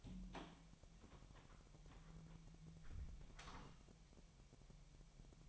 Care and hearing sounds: daily activity, microphone in the room; close door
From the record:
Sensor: 1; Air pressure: 1007.2 hPa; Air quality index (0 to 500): 198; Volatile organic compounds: 19 ppm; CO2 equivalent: 2668 ppm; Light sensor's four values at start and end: 13/34/13/15 and 13/32/13/15

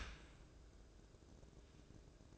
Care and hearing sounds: daily activity, microphone in the room; open dishwasher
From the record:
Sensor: 2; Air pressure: 1012.2 hPa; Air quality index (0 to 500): 134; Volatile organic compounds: 2 ppm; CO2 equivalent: 986 ppm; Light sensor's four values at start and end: 313/768/312/318 and 312/764/311/316

